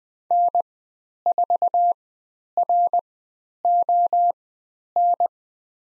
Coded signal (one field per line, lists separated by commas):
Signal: Morse code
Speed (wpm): 20 wpm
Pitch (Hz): 700 Hz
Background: none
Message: N4RON